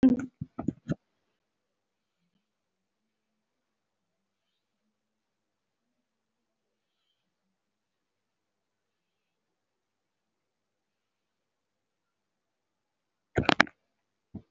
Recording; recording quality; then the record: shallow breathing; moderate, slight background noise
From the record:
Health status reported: healthy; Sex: female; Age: 26 years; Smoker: no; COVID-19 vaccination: both doses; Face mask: worn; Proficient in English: yes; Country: India